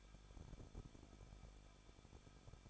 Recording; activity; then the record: daily activity, microphone in the room; no activity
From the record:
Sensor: 5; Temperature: 20.8 degrees Celsius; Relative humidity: 38.2%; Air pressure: 1006.7 hPa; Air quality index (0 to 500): 185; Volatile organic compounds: 17 ppm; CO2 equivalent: 2578 ppm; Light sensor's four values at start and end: 2/3/1/1 and 2/3/1/1